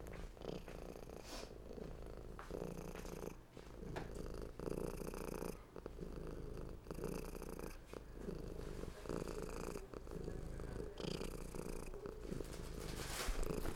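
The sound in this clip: Domestic cat purring, low uneven rumble with breathy pauses.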